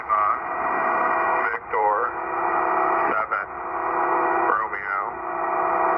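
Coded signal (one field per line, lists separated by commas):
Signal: coded military voice message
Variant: Emergency Action Message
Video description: US Military EAM Emergency Action Message transmission heard in NJ USA. 1/25/2023, 8.992 Mhz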